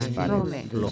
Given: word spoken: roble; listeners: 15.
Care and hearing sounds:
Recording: one Spanish word in noise, from a listening test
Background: four-talker babble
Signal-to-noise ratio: -0.5 dB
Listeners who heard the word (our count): 1 of 15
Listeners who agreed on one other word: 6 of 15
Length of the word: 0.52 s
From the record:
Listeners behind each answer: 6, 1, 1, 1, 1, 1, 1, 1, 1, 1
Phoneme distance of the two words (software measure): 27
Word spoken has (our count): 2 syllables, 5 phonemes, stress on syllable 1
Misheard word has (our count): 2 syllables, 4 phonemes, stress on syllable 1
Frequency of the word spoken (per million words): 4.83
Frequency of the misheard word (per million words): 14.16

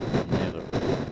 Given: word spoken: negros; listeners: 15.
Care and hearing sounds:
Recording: one Spanish word in noise, from a listening test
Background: noise modulated by three-talker babble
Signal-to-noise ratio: -7.3 dB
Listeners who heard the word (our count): 2 of 15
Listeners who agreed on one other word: 10 of 15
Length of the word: 0.72 s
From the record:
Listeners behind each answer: 10, 2, 2, 1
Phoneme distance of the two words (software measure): 7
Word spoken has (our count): 2 syllables, 6 phonemes, stress on syllable 1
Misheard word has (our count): 2 syllables, 5 phonemes, stress on syllable 1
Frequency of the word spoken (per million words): 43.82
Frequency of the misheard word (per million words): 116.50

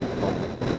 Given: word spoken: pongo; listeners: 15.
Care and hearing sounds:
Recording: one Spanish word in noise, from a listening test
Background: noise modulated by three-talker babble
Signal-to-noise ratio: -4.3 dB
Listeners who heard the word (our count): 0 of 15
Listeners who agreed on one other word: 6 of 15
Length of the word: 0.39 s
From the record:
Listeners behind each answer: 6, 2, 1, 1, 1, 1, 1, 1, 1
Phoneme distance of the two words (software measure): 44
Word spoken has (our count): 2 syllables, 5 phonemes, stress on syllable 1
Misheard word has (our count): 2 syllables, 5 phonemes, stress on syllable 1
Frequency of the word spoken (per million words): 11.94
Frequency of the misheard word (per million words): 525.38

